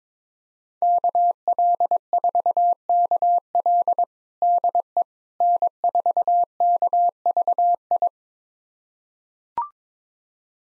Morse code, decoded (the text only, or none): KL4KL DE N4KVI